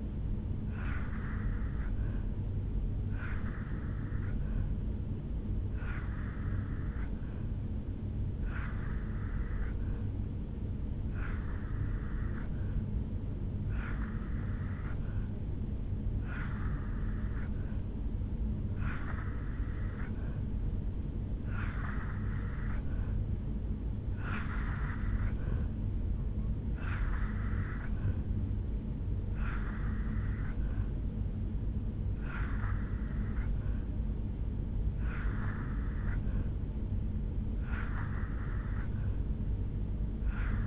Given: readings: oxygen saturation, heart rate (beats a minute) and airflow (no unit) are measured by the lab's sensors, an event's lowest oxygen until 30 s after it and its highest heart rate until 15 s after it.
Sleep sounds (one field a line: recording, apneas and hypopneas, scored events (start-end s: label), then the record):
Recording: breathing in sleep by a smartphone at the bedside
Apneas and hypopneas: 1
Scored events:
8.00-23.20 s: hypopnea (N2, oxygen 87% highest, then 84% lowest, heart rate 76 at the start, 78 highest)
From the record:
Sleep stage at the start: N2 (light sleep)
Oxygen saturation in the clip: 84 to 87%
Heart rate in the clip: 74 to 78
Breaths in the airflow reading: 14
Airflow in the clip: -1.6 to 0.9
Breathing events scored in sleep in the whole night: 449 in 7.0 hours asleep